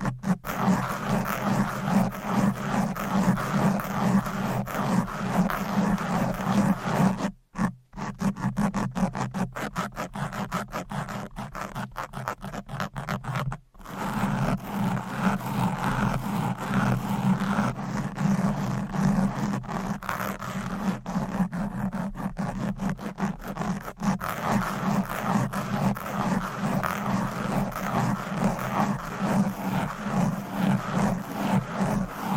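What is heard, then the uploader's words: Fast, aggressive scratching on a microphone cover, a dense rapid rasp with low thumping body, briefly stopping near eight and fourteen seconds. ASMR Fast & Aggressive Mic Scratching with 20 DIFFERENT MICS Covers & Nails No Talking for Sleep.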